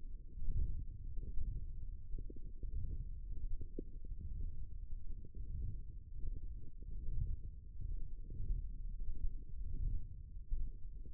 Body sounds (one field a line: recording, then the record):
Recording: forearm muscle sounds (acoustic myography)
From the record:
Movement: wrist flexion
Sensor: system 1, eight BSWA MPA416 microphones around the upper forearm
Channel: 3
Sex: female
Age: 22 years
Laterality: right